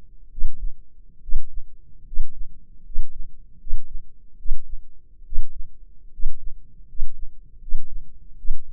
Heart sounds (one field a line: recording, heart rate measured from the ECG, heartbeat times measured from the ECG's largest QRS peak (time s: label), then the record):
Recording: heart sounds by microphone in the left ear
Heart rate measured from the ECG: 74 bpm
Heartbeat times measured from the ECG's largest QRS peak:
0.30 s: heartbeat
1.21 s: heartbeat
2.05 s: heartbeat
2.84 s: heartbeat
3.58 s: heartbeat
4.37 s: heartbeat
5.24 s: heartbeat
6.11 s: heartbeat
6.87 s: heartbeat
7.60 s: heartbeat
8.36 s: heartbeat
From the record:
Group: healthy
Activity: rest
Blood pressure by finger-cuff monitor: 160/109 mmHg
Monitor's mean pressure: 120 mmHg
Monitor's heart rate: 76 bpm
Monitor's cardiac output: 6.3 L/min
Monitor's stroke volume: 88 mL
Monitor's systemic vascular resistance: 1420 dyn s/cm5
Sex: male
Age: 23 years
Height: 179 cm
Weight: 87 kg